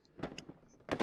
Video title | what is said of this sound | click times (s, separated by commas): DeWalt Toughsystem 2.0 NEW Additions in 2025! | all I have to do is push on the bottom and pull up and I'm released | 0.4 s, 0.9 s